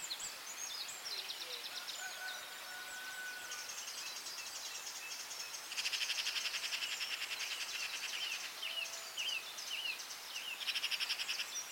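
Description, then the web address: Dawn chorus of several birds: high twittering and trilled phrases, a buzzy rapid pulsed trill bursting in around six seconds and again near the end, with faint whistles below. Dawn chorus at dawn on Anglesey, Wales. "beanstalk-audio Dawn chorus in Anglesey Wales"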